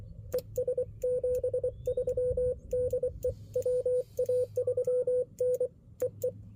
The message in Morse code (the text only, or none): ES 73 DE WA3N EE